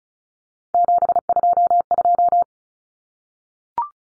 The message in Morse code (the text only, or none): 722